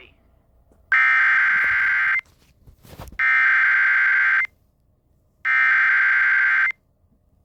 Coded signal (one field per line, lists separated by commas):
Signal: Emergency Alert System (SAME) tones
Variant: header bursts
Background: speech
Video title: Eas special marine warning in Hawaii Eas#417